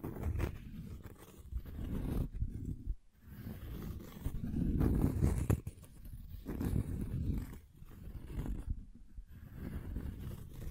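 Wood being rubbed and scraped in low, rumbling bursts with brief pauses near three and six seconds, plus scattered crackly taps throughout.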